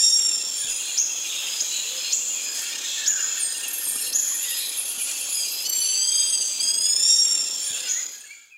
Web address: Natures Songs S America Primates of the Rainforest Cotton-top tamarin